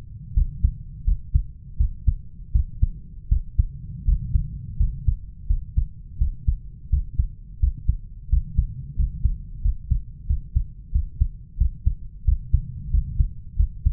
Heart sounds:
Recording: heart sounds by stethoscope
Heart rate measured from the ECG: 86 bpm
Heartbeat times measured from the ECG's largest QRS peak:
0.36 s: heartbeat
1.07 s: heartbeat
1.80 s: heartbeat
2.54 s: heartbeat
3.31 s: heartbeat
4.07 s: heartbeat
4.80 s: heartbeat
5.49 s: heartbeat
6.20 s: heartbeat
6.92 s: heartbeat
7.62 s: heartbeat
8.31 s: heartbeat
8.98 s: heartbeat
9.64 s: heartbeat
10.29 s: heartbeat
10.94 s: heartbeat
11.60 s: heartbeat
12.27 s: heartbeat
12.93 s: heartbeat
13.58 s: heartbeat
From the record:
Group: healthy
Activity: rest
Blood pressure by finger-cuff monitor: 134/83 mmHg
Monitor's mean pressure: 100 mmHg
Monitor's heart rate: 84 bpm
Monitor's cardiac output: 7.2 L/min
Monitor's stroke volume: 85 mL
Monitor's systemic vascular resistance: 1020 dyn s/cm5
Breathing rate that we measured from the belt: 14 breaths a minute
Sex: male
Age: 21 years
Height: 175 cm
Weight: 72.6 kg

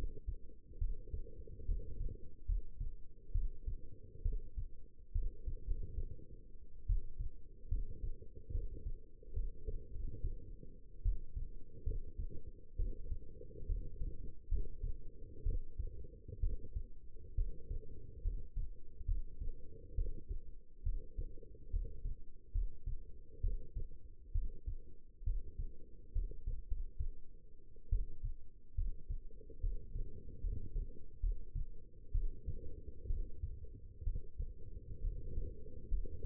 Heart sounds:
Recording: heart sounds by stethoscope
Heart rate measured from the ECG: 68 bpm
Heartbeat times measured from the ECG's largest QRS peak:
0.78 s: heartbeat
1.65 s: heartbeat
2.46 s: heartbeat
3.32 s: heartbeat
4.22 s: heartbeat
5.12 s: heartbeat
5.66 s: heartbeat
6.86 s: heartbeat
7.68 s: heartbeat
8.51 s: heartbeat
9.33 s: heartbeat
9.91 s: heartbeat
11.02 s: heartbeat
11.83 s: heartbeat
12.76 s: heartbeat
13.66 s: heartbeat
14.48 s: heartbeat
15.43 s: heartbeat
16.40 s: heartbeat
17.35 s: heartbeat
18.21 s: heartbeat
19.05 s: heartbeat
19.95 s: heartbeat
20.83 s: heartbeat
21.70 s: heartbeat
22.52 s: heartbeat
23.41 s: heartbeat
24.32 s: heartbeat
25.23 s: heartbeat
26.12 s: heartbeat
26.67 s: heartbeat
27.89 s: heartbeat
28.75 s: heartbeat
29.60 s: heartbeat
30.41 s: heartbeat
31.20 s: heartbeat
32.12 s: heartbeat
33.07 s: heartbeat
34.04 s: heartbeat
35.01 s: heartbeat
35.88 s: heartbeat
From the record:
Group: healthy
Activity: rest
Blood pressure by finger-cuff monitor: 150/87 mmHg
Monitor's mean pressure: 106 mmHg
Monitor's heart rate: 68 bpm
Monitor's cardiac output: 6.1 L/min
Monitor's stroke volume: 87 mL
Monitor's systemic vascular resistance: 1280 dyn s/cm5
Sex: female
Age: 22 years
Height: 171 cm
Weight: 65.6 kg

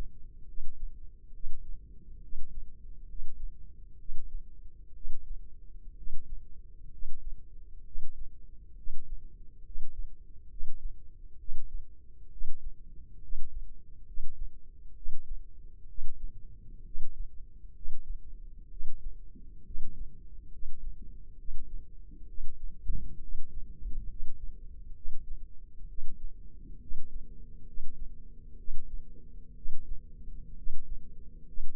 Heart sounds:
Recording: heart sounds by microphone in the left ear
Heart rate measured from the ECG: 66 bpm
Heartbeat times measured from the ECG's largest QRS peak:
0.47 s: heartbeat
1.33 s: heartbeat
2.22 s: heartbeat
3.08 s: heartbeat
3.98 s: heartbeat
4.94 s: heartbeat
5.97 s: heartbeat
6.92 s: heartbeat
7.85 s: heartbeat
8.76 s: heartbeat
9.65 s: heartbeat
10.50 s: heartbeat
11.39 s: heartbeat
12.31 s: heartbeat
13.22 s: heartbeat
14.06 s: heartbeat
14.96 s: heartbeat
15.88 s: heartbeat
16.85 s: heartbeat
17.75 s: heartbeat
18.70 s: heartbeat
19.65 s: heartbeat
20.52 s: heartbeat
21.38 s: heartbeat
22.28 s: heartbeat
23.21 s: heartbeat
24.09 s: heartbeat
24.95 s: heartbeat
25.88 s: heartbeat
26.80 s: heartbeat
27.66 s: heartbeat
28.58 s: heartbeat
29.56 s: heartbeat
30.57 s: heartbeat
31.47 s: heartbeat
From the record:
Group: healthy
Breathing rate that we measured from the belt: 17 breaths a minute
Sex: male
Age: 30 years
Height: 188 cm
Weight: 110.2 kg

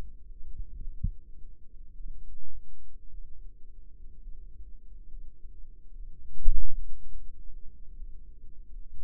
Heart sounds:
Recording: heart sounds by microphone in the left ear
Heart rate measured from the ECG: 59 bpm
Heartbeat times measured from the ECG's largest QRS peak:
0.83 s: heartbeat
1.95 s: heartbeat
3.09 s: heartbeat
4.19 s: heartbeat
5.08 s: heartbeat
5.94 s: heartbeat
7.09 s: heartbeat
7.96 s: heartbeat
9.02 s: heartbeat
From the record:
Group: healthy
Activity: cold pressor test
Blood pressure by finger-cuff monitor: 110/71 mmHg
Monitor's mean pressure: 85 mmHg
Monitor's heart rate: 54 bpm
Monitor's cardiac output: 5.2 L/min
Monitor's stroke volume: 88 mL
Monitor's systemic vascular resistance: 1200 dyn s/cm5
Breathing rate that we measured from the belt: 21 breaths a minute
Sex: female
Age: 28 years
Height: 170 cm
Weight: 77 kg

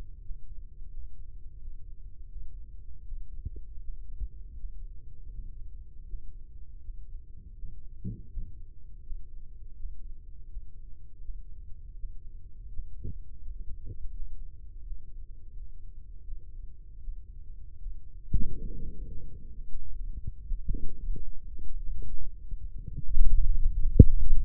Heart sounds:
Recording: heart sounds by microphone in the right ear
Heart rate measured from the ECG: 82 bpm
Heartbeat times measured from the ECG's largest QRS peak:
0.19 s: heartbeat
0.87 s: heartbeat
1.55 s: heartbeat
2.25 s: heartbeat
3.01 s: heartbeat
3.78 s: heartbeat
4.53 s: heartbeat
5.28 s: heartbeat
6.03 s: heartbeat
6.78 s: heartbeat
7.52 s: heartbeat
8.27 s: heartbeat
9.00 s: heartbeat
9.73 s: heartbeat
10.46 s: heartbeat
11.18 s: heartbeat
11.93 s: heartbeat
12.67 s: heartbeat
13.39 s: heartbeat
14.10 s: heartbeat
14.80 s: heartbeat
15.50 s: heartbeat
16.21 s: heartbeat
16.97 s: heartbeat
17.75 s: heartbeat
18.54 s: heartbeat
19.26 s: heartbeat
19.92 s: heartbeat
20.56 s: heartbeat
21.19 s: heartbeat
21.84 s: heartbeat
22.57 s: heartbeat
23.42 s: heartbeat
24.38 s: heartbeat
From the record:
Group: healthy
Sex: male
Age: 35 years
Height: 178 cm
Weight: 64 kg

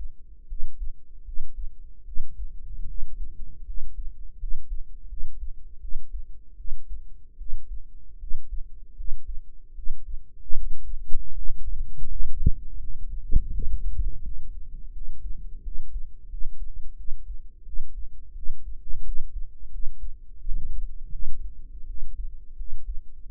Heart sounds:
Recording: heart sounds by microphone in the right ear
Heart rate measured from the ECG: 82 bpm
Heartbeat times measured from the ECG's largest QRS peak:
0.46 s: heartbeat
1.23 s: heartbeat
2.03 s: heartbeat
2.85 s: heartbeat
3.64 s: heartbeat
4.37 s: heartbeat
5.07 s: heartbeat
5.79 s: heartbeat
6.55 s: heartbeat
7.36 s: heartbeat
8.18 s: heartbeat
8.94 s: heartbeat
9.73 s: heartbeat
10.53 s: heartbeat
11.32 s: heartbeat
12.06 s: heartbeat
12.77 s: heartbeat
13.50 s: heartbeat
14.21 s: heartbeat
14.91 s: heartbeat
15.61 s: heartbeat
16.28 s: heartbeat
16.95 s: heartbeat
17.64 s: heartbeat
18.33 s: heartbeat
19.03 s: heartbeat
19.69 s: heartbeat
20.39 s: heartbeat
21.10 s: heartbeat
21.85 s: heartbeat
22.55 s: heartbeat
23.27 s: heartbeat
From the record:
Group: healthy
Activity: rest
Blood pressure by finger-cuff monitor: 95/54 mmHg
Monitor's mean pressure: 67 mmHg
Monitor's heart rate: 83 bpm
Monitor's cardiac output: 7.1 L/min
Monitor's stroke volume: 90 mL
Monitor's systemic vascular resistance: 660 dyn s/cm5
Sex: female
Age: 19 years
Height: 163 cm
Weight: 48.9 kg

